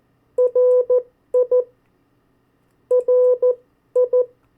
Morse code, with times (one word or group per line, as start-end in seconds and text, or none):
0.4-1.6 RI
2.9-4.2 RI